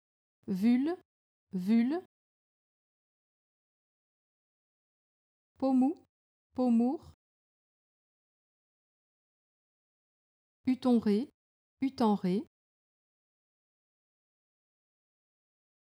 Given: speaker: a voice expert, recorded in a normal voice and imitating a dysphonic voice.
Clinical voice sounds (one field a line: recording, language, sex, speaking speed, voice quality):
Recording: pseudo-word pairs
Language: French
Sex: female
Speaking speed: fast speed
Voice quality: normal voice